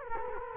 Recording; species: mosquito wingbeat signal from an infrared sensor; Culex quinquefasciatus